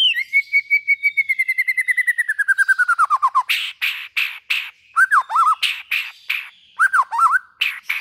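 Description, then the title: White-rumped shama song opening with a rapid trill sliding gradually lower, followed by sharp clicks and looping whistled phrases. Long-duration lure call of white-rumped shama song. "Pikat Murai Batu Durasi Panjang"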